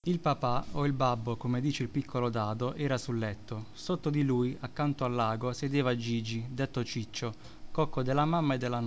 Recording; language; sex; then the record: read passage; Italian; male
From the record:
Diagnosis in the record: healthy control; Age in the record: 29 years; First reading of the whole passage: 42 s, 12.4 characters per second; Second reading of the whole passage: 42 s, 12.2 characters per second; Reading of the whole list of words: 38 s, 7.3 characters per second